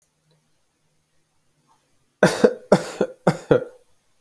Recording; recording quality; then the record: shallow voluntary cough; excellent, no background noise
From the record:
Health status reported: healthy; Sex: male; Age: 29 years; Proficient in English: yes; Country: United States